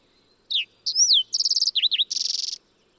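Fox sparrow song: clear slurred whistles, a rapid rattling trill, two dipping notes and a closing buzzy trill, delivered as one quick musical phrase.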